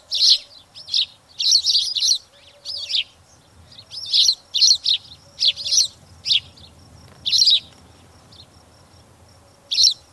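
Spanish sparrow chirping calls, loud harsh chirps in clustered bursts, then sparser notes toward the end.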